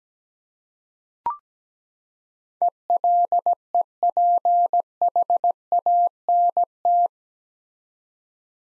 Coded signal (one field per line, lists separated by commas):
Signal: Morse code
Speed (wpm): 17 wpm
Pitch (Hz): 700 Hz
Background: none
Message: ELEPHANT